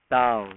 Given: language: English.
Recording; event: throat vibration sensor signal played as sound; speech